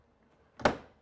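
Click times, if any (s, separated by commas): 0.7 s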